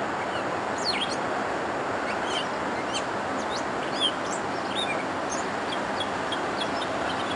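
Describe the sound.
Gray catbird singing a loose series of scratchy, varied notes, some sliding downward, scattered throughout against steady rushing background noise.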